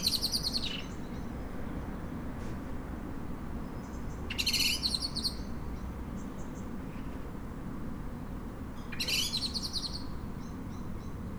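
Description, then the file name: Common blackbird giving three bursts of sharp, high chattering calls a few seconds apart, over a steady low rumble. "Turdus merula"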